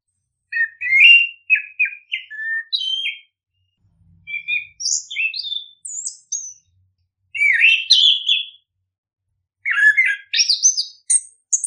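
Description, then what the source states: Bird song in four separate bursts of scratchy chirps and sliding notes, with quiet gaps between. Birdsong intended for mastering, that is training, pet birds.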